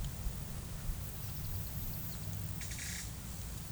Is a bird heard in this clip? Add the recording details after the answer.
yes. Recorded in pastures near Puerto Asís, Putumayo, Colombia, on 22 December 2024 at 11:30. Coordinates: 0.487, -76.322. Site GP09